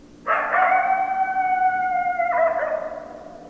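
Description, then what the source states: Coyote giving a drawn-out howl, clear and steady with stacked overtones, then an abrupt step down to a lower, fading finish. Recorded 10 December 2012; coyotes, plural.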